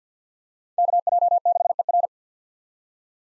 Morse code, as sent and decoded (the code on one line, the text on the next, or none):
-.- .--- -.... . .-.
KJ6ER